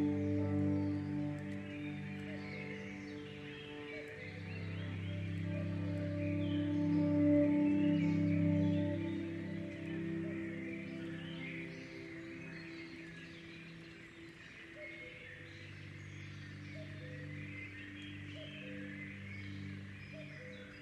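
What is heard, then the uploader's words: Low, ringing chime tones hum steadily from the start, swelling toward the middle and then fading and thinning after about twelve seconds before a softer set carries on. Birds chirp and twitter throughout above the tones in scattered, busy bursts. Sounds of nature featuring birds, gentle wind, and later chimes.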